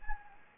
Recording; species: mosquito wingbeat signal from an infrared sensor; Anopheles gambiae